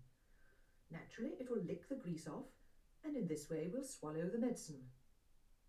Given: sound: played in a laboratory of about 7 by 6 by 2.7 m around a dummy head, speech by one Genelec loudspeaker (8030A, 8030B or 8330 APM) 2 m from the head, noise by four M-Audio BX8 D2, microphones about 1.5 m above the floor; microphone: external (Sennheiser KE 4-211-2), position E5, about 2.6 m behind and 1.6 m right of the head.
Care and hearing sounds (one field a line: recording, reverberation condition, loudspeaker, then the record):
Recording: female speech in English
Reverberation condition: low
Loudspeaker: 30 degrees to the left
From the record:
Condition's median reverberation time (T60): about 310 ms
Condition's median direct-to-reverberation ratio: about 3.5 dB